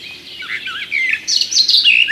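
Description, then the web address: Garden warbler: a short burst of mellow warbling that starts low and soft, then turns louder and higher. "kurspttk Kurs materiały Przyroda Ptaki Gajówka"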